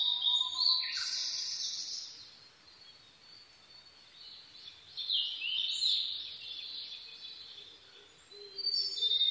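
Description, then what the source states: Blue-and-white flycatcher singing loud whistled phrases separated by quieter pauses, with another phrase starting at the end. Recorded 22 May 2011 at 04:34.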